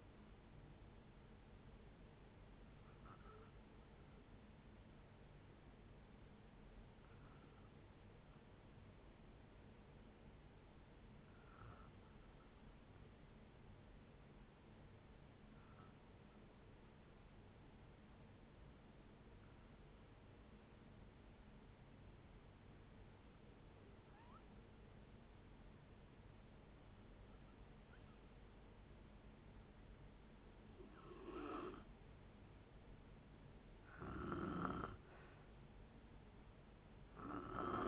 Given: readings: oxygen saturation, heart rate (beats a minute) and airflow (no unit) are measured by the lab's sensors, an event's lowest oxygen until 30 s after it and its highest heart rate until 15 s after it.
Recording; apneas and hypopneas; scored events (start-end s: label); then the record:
breathing in sleep by a voice recorder at the bedside; 1
5.00-33.60 s: hypopnea (N2, oxygen 96% highest, then 87% lowest)
From the record:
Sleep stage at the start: N2 (light sleep); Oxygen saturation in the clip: 88 to 96%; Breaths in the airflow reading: 9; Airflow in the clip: -6.0 to 4.5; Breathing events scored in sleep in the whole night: 496 in 5.4 hours asleep